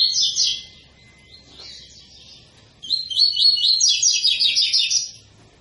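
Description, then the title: Double-collared seedeater song: a short high twittering phrase, a pause, then a longer fast run of sharp, rolling chirps. Tui-tui song style, a 'fibra' bird; teacher song used for training young birds. "COLEIRO TUI TUI FIBRA CANTO PROFESSOR"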